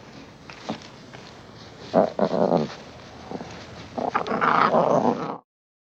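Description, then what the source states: Lion growling and grumbling in short bursts, with rough low-mid growls near two seconds and a longer rumbling spell toward the end. Lion fussing and playing.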